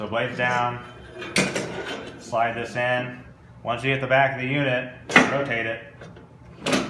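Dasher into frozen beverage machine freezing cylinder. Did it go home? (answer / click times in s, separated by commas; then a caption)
yes / 6.7 s. Someone talks while a dasher, blades down because they won't go in if up, is slid into the freezing cylinder of a SaniServ CTS frozen beverage machine until it hits the back of the unit, then rotated. A sharp lock-in click is heard at 6.7 s as the dasher seats all the way in.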